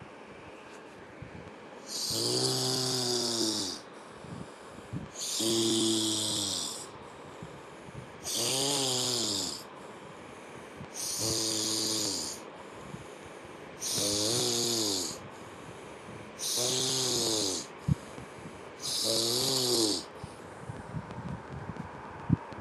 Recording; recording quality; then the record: shallow breathing; poor, much background noise or distortion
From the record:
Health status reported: healthy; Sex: male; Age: 59 years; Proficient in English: yes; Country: India